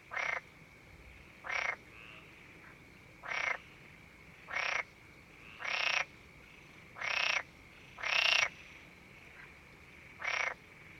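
Frog calling with rasping croaks every second or two, some longer and louder, over a steady high drone.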